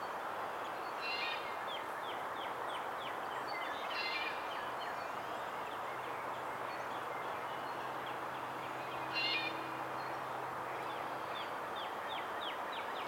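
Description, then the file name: Red-bellied woodpecker calls, rolling notes at irregular intervals, with rapid thin down-slurred notes from another bird and a low steady hum. "Melanerpes carolinus - Red-bellied Woodpecker"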